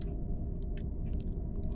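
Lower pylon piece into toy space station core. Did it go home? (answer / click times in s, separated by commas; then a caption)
partly / 1.7 s. A lower pylon of a plastic 1994 Playmates Star Trek: Deep Space Nine Station playset is pressed into the station core over a steady low rumble, with faint plastic taps near 0.8 and 1.2 s. A small click comes at 1.7 s, but the pylon goes in without a clear, satisfying snap, though it is assumed to be fine.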